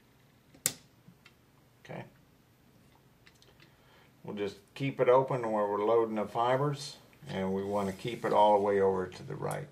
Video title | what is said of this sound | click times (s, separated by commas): AFL FAT-04 Ribbonizer Demo (Mar11) | until it clicks into place | 0.7 s